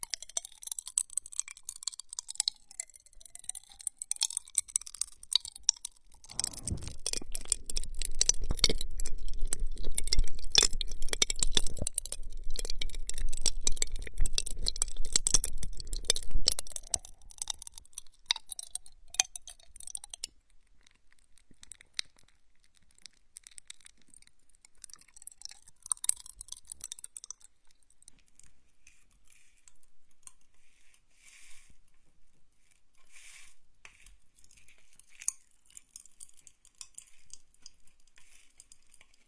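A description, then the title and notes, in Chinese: Popping candy crackles in a wet mouth, a dense, bright fizz of tiny snaps for the first twenty seconds, swelling with a low rumble from about 6 to 17 seconds. Afterward the pops thin to scattered clicks, with a brief busier flurry near 26 seconds. 跳跳糖 口腔音 湿漉漉。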